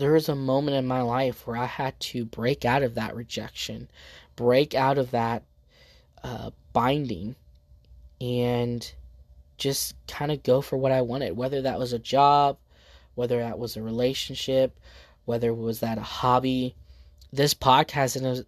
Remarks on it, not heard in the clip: I stutter. I don't talk like other people. I'm not, smooth talking.